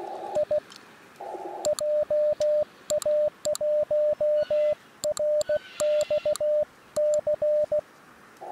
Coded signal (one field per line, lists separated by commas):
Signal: Morse code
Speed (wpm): 16 wpm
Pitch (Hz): 600 Hz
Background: radio noise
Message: I JA1RXC